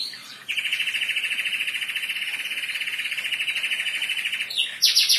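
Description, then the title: Atlantic canary song: one sustained, fast, buzzy trill held steadily for about four seconds, ending in a burst of very high chips. "Kenari"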